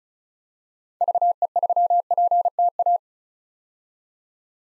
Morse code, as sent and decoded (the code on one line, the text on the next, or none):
...- . ...-- .--. - .-
VE3PTA